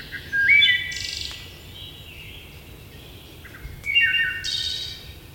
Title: Wood Thrush